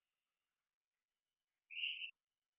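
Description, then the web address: Hourglass treefrog call: a single short, buzzy, high-pitched note lasting under half a second, otherwise quiet. "hylidae Dendrosophus-ebbraccatus"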